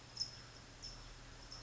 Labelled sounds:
California Towhee (Melozone crissalis)
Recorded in Sonoma County, California

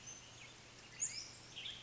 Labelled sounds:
Western Tanager (Piranga ludoviciana)
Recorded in Sonoma County, California

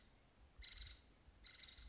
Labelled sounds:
Nuttall's Woodpecker (Dryobates nuttallii)
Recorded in Sonoma County, California

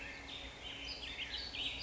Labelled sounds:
Black-headed Grosbeak (Pheucticus melanocephalus)
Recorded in Sonoma County, California

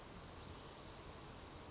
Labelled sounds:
Brown Creeper (Certhia americana)
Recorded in Sonoma County, California

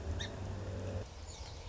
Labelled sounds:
Song Sparrow (Melospiza melodia)
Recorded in Sonoma County, California

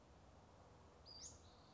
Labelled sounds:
Western Flycatcher (Empidonax difficilis)
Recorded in Sonoma County, California

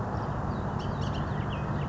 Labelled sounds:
Bullock's Oriole (Icterus bullockii)
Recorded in Sonoma County, California

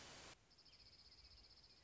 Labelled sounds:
Dark-eyed Junco (Junco hyemalis)
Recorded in Sonoma County, California

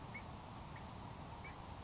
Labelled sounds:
Grasshopper Sparrow (Ammodramus savannarum)
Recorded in Sonoma County, California

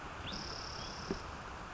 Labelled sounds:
Spotted Towhee (Pipilo maculatus)
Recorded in Sonoma County, California

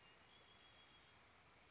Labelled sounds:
Red-winged Blackbird (Agelaius phoeniceus)
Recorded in Sonoma County, California

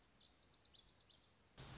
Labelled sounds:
Lazuli Bunting (Passerina amoena)
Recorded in Sonoma County, California

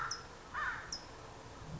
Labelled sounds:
California Towhee (Melozone crissalis)
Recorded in Sonoma County, California

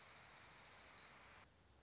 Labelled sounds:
Orange-crowned Warbler (Leiothlypis celata)
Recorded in Sonoma County, California

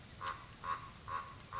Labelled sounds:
Common Raven (Corvus corax)
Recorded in Sonoma County, California

